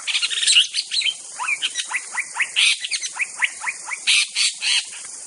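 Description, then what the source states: White-rumped shama song: a quick run of repeated rising chirped notes, with a few louder bursts, a continuous insect buzz underneath. Wild bird from the forest.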